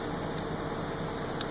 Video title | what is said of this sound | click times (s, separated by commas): Treinamento Raman Ahura - ThermoFischer - parte 1 | até ouvir o clique, | 1.4 s